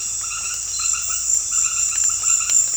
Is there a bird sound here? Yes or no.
no